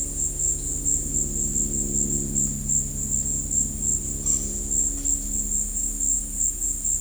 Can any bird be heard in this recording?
no